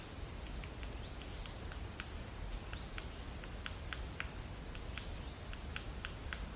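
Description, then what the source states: Nuthatch tapping, many short sharp clicks at irregular intervals over steady woodland background noise. Tapping while wedging a nut into tree bark and hammering it open with its hatchet-like bill, in silver birch and oak woodland with deeply fissured bark, Ardennes forests, north-east France, in hot dry weather.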